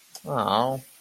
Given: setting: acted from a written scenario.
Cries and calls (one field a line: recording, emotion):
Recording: vocal sound without words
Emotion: disappointment